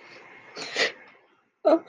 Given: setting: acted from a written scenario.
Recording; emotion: vocal sound without words; sadness